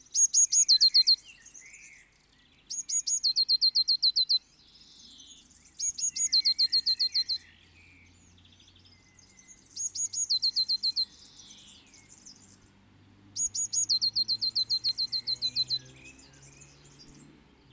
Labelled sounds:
Eurasian Blue Tit (Cyanistes caeruleus) song
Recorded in the wild
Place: Kaiserslautern, Rheinland-Pfalz, DE
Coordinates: 49.4247, 7.77889
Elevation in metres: 279
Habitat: garden
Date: 1979-05-13
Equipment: Nagra IV, Sennheiser MKH 405, Parabolreflektor
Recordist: Tretzel, Erwin

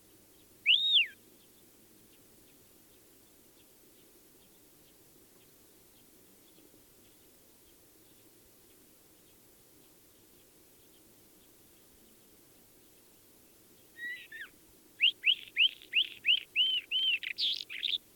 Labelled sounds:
Isabelline Shrike (Lanius isabellinus)
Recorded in the wild
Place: Wüste Gobi, MN
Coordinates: 42.94, 105.082
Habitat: Desert
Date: 1979-06-02
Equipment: Nagra III BH, Sennheiser MD 21, parabola
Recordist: Schubert, Michael

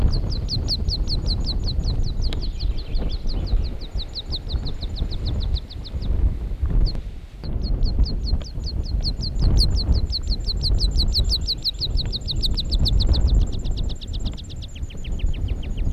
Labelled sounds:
Meadow Pipit (Anthus pratensis)
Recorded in the wild
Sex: male
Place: Bruchberg, Niedersachsen, DE
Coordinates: 51.79, 10.5
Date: 1986-06-14
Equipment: Sony WM-D6C, Parabolscheibe
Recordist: Skiba, Reinald
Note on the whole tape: Wolfswarte, Nationalpark Harz

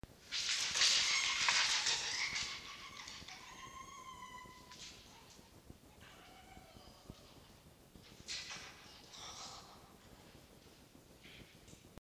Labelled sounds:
Red Fox (Vulpes vulpes)
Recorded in captivity
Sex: male
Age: adult
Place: Zoologisches Institut der HUB, Berlin, DE
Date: 1953-01-09 17:35
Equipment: Elmetra
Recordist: Tembrock, Günter
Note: Fritz (von Castor angegriffen): Angstwinseln und Knätschen

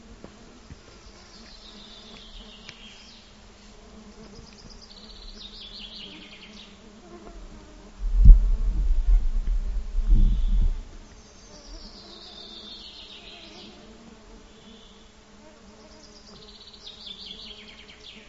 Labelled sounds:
Common Chaffinch (Fringilla coelebs) song
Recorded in the wild
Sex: male
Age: adult
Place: Halbinsel Kindo, Karelien, RU
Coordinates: 66.5469, 33.13
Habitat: taiga
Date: 1995-06-23 22:04
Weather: fair, no wind, 20°C
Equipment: Sony TCD-D3, Sennheiser MKH 70, Windkorb
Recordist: Frommolt, Karl-Heinz

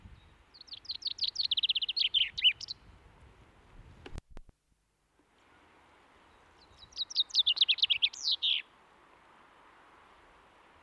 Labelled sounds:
Common Chaffinch (Fringilla coelebs) song
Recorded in the wild
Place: Garmisch-Partenkirchen, Bayern, DE
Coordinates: 47.5203, 11.0819
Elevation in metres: 846
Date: 1971-04-08
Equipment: Nagra IV, Sennheiser MKH 405
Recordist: Tretzel, Erwin

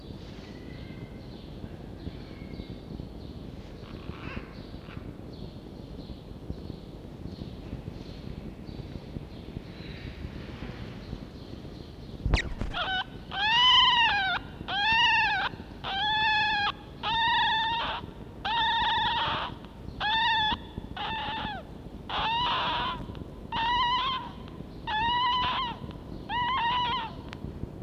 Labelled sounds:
Red Fox (Vulpes vulpes)
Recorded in captivity
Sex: male
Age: juvenile
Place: Zoologisches Institut der HUB, Berlin, DE
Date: 1952-05-25 16:00
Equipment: Elmetra
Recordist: Tembrock, Günter
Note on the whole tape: Welpe Toni im Mittelzimmer. 1) Quärren (auf Tisch); 2) Quärren (dicht vor Mikrofon in der Hand)

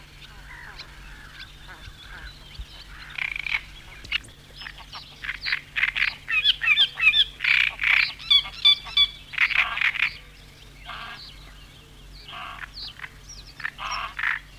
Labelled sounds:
Great Reed Warbler (Acrocephalus arundinaceus)
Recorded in the wild
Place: Gummern (Schnackenburg), Niedersachsen, DE
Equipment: Halbspur, 9,5 cm/s
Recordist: Lütgens, Hans

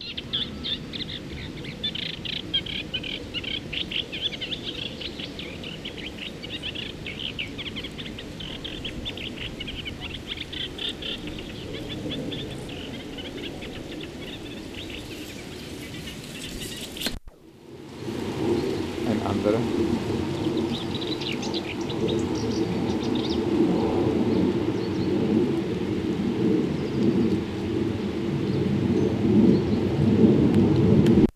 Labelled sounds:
Eurasian Reed Warbler (Acrocephalus scirpaceus) song
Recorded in the wild
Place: Hettenleidelheim, Rheinland-Pfalz, DE
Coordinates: 49.5353, 8.07278
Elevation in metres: 252
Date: 1975-08-24
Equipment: Nagra IV, Sennheiser MKH 405, Parabolreflektor
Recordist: Tretzel, Erwin

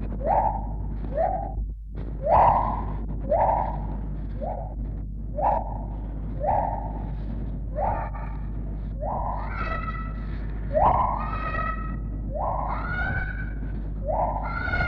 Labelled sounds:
Lar Gibbon (Hylobates lar)
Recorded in captivity
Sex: female
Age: adult
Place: Tierpark Berlin, Berlin, DE
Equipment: Englisches Reportergerät, Kopie BG 26/1
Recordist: Altmann, Dagmar

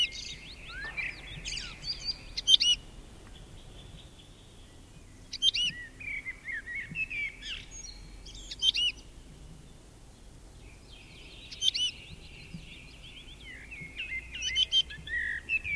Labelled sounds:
Wood Lark (Lullula arborea) call
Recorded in the wild
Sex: male
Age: adult
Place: Erlangen, Bayern, DE
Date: 1965-05-01
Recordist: Tretzel, Erwin

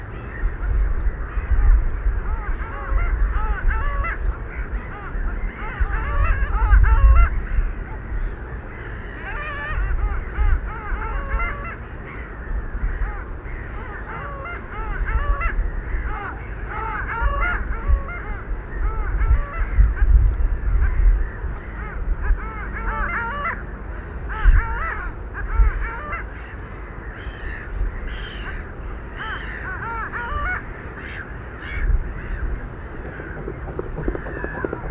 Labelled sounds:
Long-tailed Duck (Clangula hyemalis) call
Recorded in the wild
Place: Palmer Ort, Zudar, Insel Rügen, Mecklenburg-Vorpommern, DE
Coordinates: 54.269, 13.373
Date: 1971-03-21
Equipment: Nagra III BH, Sennheiser MD 21, parabola
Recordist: Schubert, Michael

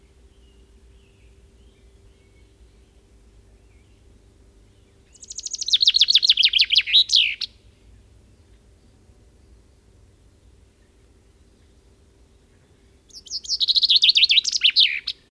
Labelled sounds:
Common Chaffinch (Fringilla coelebs) song
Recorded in the wild
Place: Leszno, Großpolen, PL
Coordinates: 51.842, 16.594
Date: 1987-07-15 06:38
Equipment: Nagra III BH, Sennheiser MD 21, parabola
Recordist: Schubert, Michael

